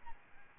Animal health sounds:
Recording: mosquito wingbeat signal from an infrared sensor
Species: Aedes albopictus

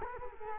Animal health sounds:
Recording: mosquito wingbeat signal from an infrared sensor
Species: Culex quinquefasciatus

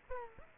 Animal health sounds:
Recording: mosquito wingbeat signal from an infrared sensor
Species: Aedes aegypti

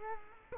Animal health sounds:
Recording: mosquito wingbeat signal from an infrared sensor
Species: Culex quinquefasciatus

